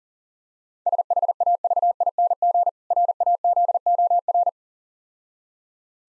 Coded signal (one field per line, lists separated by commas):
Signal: Morse code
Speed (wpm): 41 wpm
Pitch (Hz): 700 Hz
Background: none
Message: SHAVING RAZOR